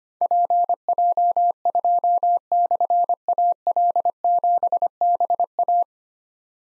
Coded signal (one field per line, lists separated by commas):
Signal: Morse code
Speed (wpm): 25 wpm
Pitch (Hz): 700 Hz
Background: none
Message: PJ2/AL7BA